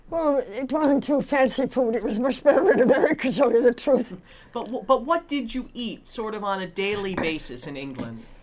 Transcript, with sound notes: Well, it wasn't too fancy food. It was much better than America's to tell you the truth. (she laughs)
But, but what did you eat sort of on a daily basis in England?